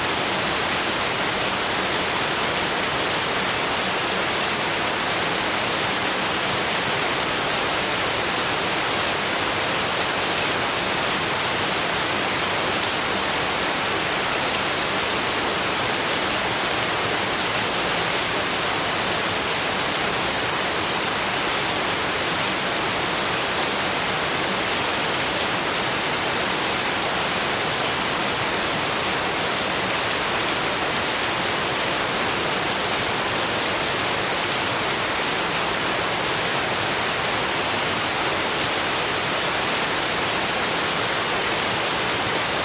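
Steady, rhythmic rain pours in a dense, unbroken hiss across the full range, bright, holding constant for the whole stretch.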